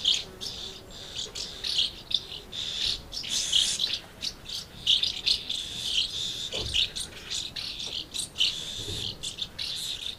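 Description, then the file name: Swallows keep up high, rapid twittering and scratchy chirps for about ten seconds, in irregular bursts, with a few faint low thuds in the background. Swallows recorded at Amblagnieu on 2 July 2017 with an MZ-N710 recorder. "Hirondelles Amblagnieu 2 07 17"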